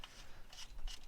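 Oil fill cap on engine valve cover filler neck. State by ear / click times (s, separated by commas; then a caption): torque reached / 0.5 s, 0.9 s. An engine oil fill cap is screwed back onto the valve cover filler neck, giving a short tick at the start and then ratcheting clicks at 0.5 s and 0.9 s as it turns. The ratchet clicking confirms the cap is tight.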